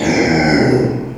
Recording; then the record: squeal of a Yucatan mini pig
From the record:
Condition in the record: before surgery on the right vocal fold (resection and tissue-engineered implant); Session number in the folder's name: 1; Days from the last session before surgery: -3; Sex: male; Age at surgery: 12 weeks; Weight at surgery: 13 kg